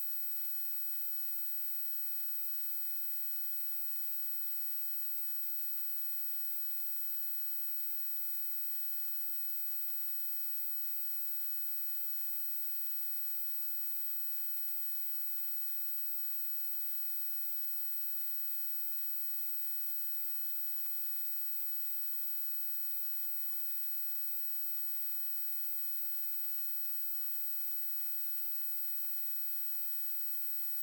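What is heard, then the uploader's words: A steady wash of radio static hisses without pause for the full half minute, thin and bright, with most of its weight in the upper register. The texture stays dense and even throughout, with only a faint low rumble underneath and no distinct signal breaking through. A single sawtooth oscillator is modulated by self-oscillating filters in this series of works. Distant radio signals are received through layers of encoded noise.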